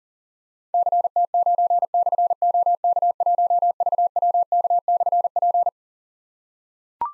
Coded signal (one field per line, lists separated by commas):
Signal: Morse code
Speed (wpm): 40 wpm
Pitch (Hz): 700 Hz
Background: none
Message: CT9/OK1VWK/P